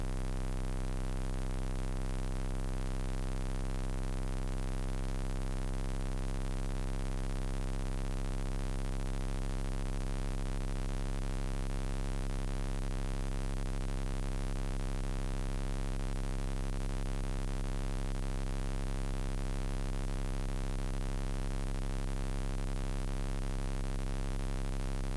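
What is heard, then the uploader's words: A steady, dense synthesizer drone built on a buzzing sawtooth tone, with deep low hum and bright hiss held throughout, barely changing. A single sawtooth oscillator is modulated by self-oscillating filters in this series of works. Distant radio signals are received through layers of encoded noise.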